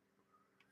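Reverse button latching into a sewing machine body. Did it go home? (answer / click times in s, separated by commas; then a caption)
yes / 0.6 s. The metal reverse-stitch button on a vintage Husqvarna sewing machine is pushed in and slightly down into the machine body. A faint, short click is heard at 0.6 s against a quiet background. The button latches and locks in place.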